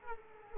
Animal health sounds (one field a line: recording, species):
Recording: mosquito wingbeat signal from an infrared sensor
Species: Culex quinquefasciatus